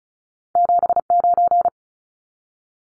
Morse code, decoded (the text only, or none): 79